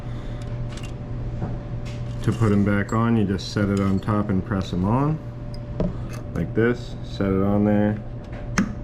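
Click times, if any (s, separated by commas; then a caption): 8.6 s. Someone talks while a small snap-on connector, lifted off earlier to unplug it, is set on top of its post on a computer board (likely the wireless antenna) and pressed down. A sharp little click is heard at 8.6 s as it snaps on and seats.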